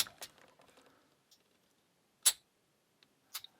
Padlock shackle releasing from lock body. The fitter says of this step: beautiful snap sound is very beautiful